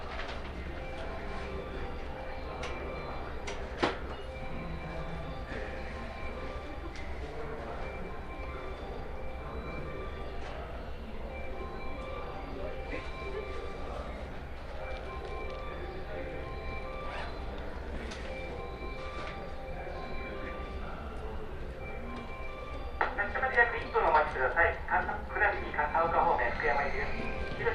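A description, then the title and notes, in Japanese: A night walk through an old town quarter, set against a steady low hum and faint voices with a thin, ringing undertone. A sharp click stands out near four seconds, and from about 23 seconds a busier clatter and rustle grows louder until the end. 鉄道旅 山陽本線 岡山→倉敷。夜の美観地区を歩いてみました。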